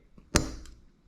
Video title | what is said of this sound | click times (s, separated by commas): Frankenstein Rebuild7 Pistons | you hear that snap my little pick uh screwdriver and then I just kind of slide it over | 0.4 s